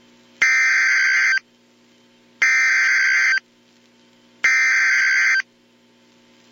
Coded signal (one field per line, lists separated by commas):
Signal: Emergency Alert System (SAME) tones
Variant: header bursts